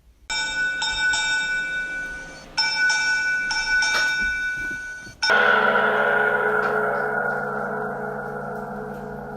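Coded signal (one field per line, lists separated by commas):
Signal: bell signal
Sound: bell rung rapidly for about five seconds, then one deep gong stroke fading out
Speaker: a vessel at anchor shall at intervals of not more than one minute ring the bell rapidly for about five seconds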